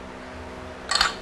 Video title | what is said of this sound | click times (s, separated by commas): 68RFE Transmission Full Rebuild Part 2 | ring snapped into place alright | 1.0 s